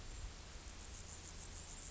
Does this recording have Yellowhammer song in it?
no